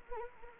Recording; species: mosquito wingbeat signal from an infrared sensor; Anopheles arabiensis